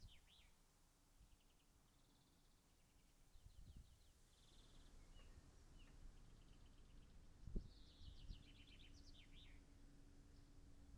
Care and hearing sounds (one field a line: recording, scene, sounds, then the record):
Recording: everyday scene through a hearing-aid microphone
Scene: wind on the microphone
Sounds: gentle breeze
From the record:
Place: in front of a rural house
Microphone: behind the ear, right, rear